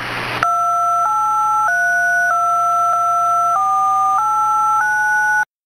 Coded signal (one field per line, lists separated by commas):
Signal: DTMF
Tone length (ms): 640 ms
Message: 2832489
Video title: Lake Charles WFO is Down - Administrative Message EAS